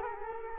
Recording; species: mosquito wingbeat signal from an infrared sensor; Culex quinquefasciatus